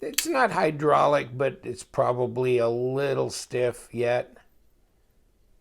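Someone talks while handling a Southard Tolk bronze titanium frame lock folding knife, working its steel blade toward the detent ball of the closed frame lock handle; the action is a little stiff. The clip ends before the blade goes home, so nothing has seated or clicked yet.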